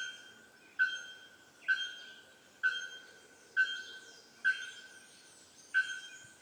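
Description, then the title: Bird song: a pure, level whistle repeated six times at intervals of about a second, each note sharp at the start, with soft background hiss. Bird song in tropical forest on Ilha Grande, Brazil; species unknown. "Oiseaux à Ilha grande"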